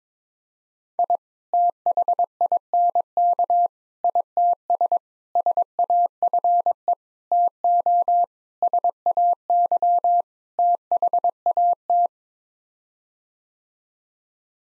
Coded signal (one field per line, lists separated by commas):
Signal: Morse code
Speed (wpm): 21 wpm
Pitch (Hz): 700 Hz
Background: none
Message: I THINK ITS SAFE TO SAY THAT